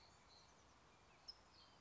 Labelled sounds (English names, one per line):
California Towhee